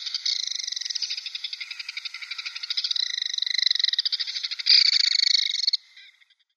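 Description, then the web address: Belted kingfisher giving a long, harsh, dry rattle of rapid clicking pulses for nearly six seconds, growing louder toward the end before stopping abruptly. "Schulze Peter Belted Kingfisher"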